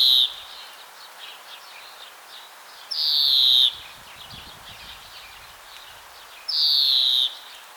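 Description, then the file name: European greenfinch song: drawn-out nasal wheezes, each sliding gently down, repeated about every three and a half seconds over soft background twittering. "Chloris chloris"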